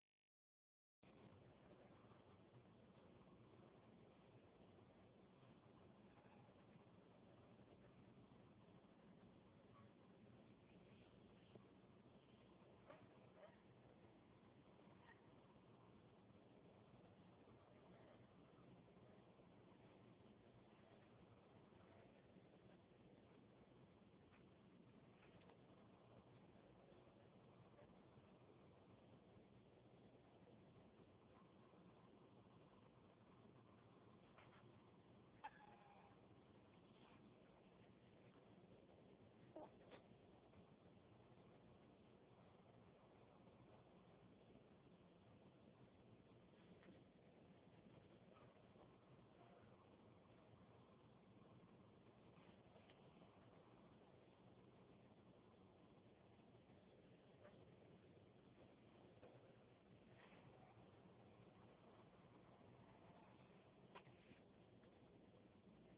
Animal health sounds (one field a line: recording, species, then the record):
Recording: mosquito flight sound by mobile phone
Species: Anopheles minimus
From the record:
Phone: Huawei 866C